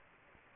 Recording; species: mosquito wingbeat signal from an infrared sensor; Anopheles gambiae